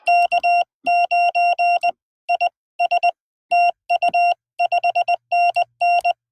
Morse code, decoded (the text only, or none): K9IS TU 5NN